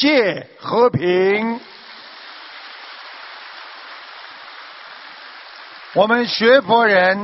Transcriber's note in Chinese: 掌声